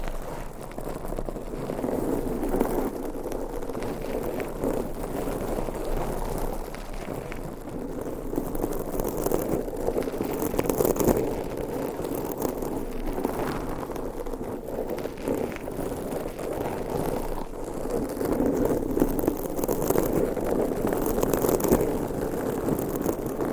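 Nails scratch steadily over a microphone and its cover, close and continuous with no real pauses. The rasping is dense and mostly low to mid in pitch, swelling and thinning in slow waves, with brief brighter scrapes poking out every few seconds.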